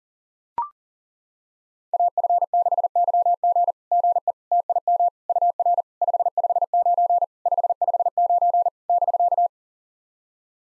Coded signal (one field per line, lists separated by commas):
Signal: Morse code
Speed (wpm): 40 wpm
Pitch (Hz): 700 Hz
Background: none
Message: AF6YG GE TIM UR 559 559 <BK>